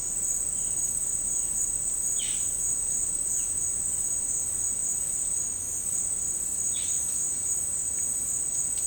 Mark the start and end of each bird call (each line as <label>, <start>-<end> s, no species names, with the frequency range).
bird call (1.4-4.4 kHz), 2.11-2.50 s
bird call (1.6-4.4 kHz), 6.75-7.16 s